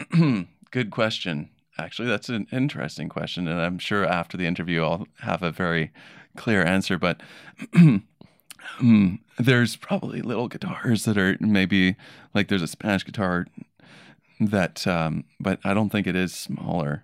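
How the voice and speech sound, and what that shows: Low, creaky adult male baritone voice with strained, stretched words and halting breaks where the voice cuts out mid-speech, fitting spasmodic dysphonia, a form of dystonia causing throat muscle spasms, in a partially recovered speaker whose doctors had prescribed Botox every 6 weeks.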